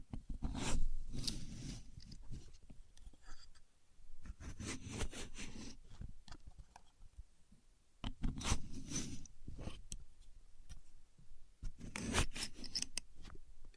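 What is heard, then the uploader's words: A contour gauge being handled, its many thin pins sliding and clicking together in short bursts of bright rattling. The bursts come in clusters around the start, the middle and near the end, with quiet gaps between them and a faint low rumble underneath. A Contour Gauge. No Talking.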